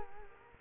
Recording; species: mosquito wingbeat signal from an infrared sensor; Culex quinquefasciatus